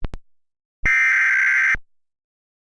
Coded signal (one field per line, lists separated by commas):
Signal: Emergency Alert System (SAME) tones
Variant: header bursts